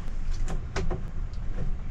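Plastic wiring connector clips inside the housing of a Ninebot One Z10 electric unicycle are carefully prised apart by hand without peeling off a paper label. Light plastic clicks sound at 0.5, 0.8 and 0.9 seconds as the clips snap open, and one side of the housing comes released.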